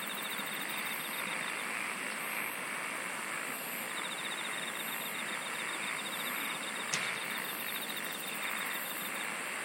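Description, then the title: Insects singing in a dense chorus: pulsed buzzy trills starting and stopping every second or two over a steady high hum and broad hiss, with one sharp click. "SINGING OF INSECTS"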